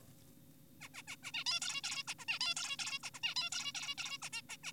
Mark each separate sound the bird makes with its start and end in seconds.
0.81-0.89, 0.94-1.02, 1.08-1.16, 1.23-1.32, 1.34-1.44, 1.46-1.60, 1.62-1.82, 1.84-2.04, 2.08-2.14, 2.19-2.25, 2.28-2.39, 2.41-2.54, 2.56-2.76, 2.79-2.99, 3.03-3.10, 3.14-3.20, 3.24-3.34, 3.36-3.50, 3.52-3.72, 3.75-3.95, 3.98-4.18, 4.22-4.30, 4.33-4.42, 4.50-4.57, 4.64-4.72